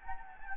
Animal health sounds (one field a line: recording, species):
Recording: mosquito wingbeat signal from an infrared sensor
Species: Anopheles gambiae